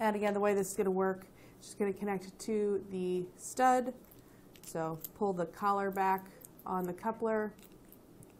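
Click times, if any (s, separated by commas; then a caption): none. Someone talks while handling a Bulldog Winch BDW42040 metal air-hose quick-connect coupler for an air suspension compressor, pulling the collar back to push it onto the male plug stud. Only a few faint, brief handling ticks are heard near the end, around 7.9, 8.2 and 8.4 seconds. Nothing has seated or snapped into place yet.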